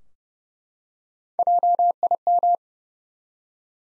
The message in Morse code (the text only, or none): JIM